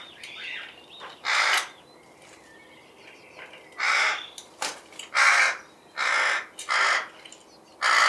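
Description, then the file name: Rook calls: loud, rasping caws repeated irregularly, with fainter calls between them. "roek"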